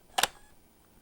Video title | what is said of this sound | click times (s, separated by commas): NC A&T JVC 750 Camera Certification Video | so we just put this in these grooves slide it forward and you'll hear it click in | 0.2 s